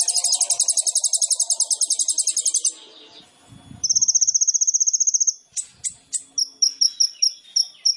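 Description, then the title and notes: Sunbird song: a fast pulsing high trill, a brief pause, a steady thin trill, then sharp separate chirps repeated in quick succession. Indonesian masteran training recording with full isian (fill phrases) and tembakan (shot phrases); kolibri ninja singing gacor (vigorously); meant as pancingan to provoke other birds into singing. "MASTERAN KOLIBRI NINJA TERBAIK FULL ISIAN DAN TEMBAKAN MEWAH COCOK BUAT PANCINGAN. Suara Burung Kolibri Ninja Gacor"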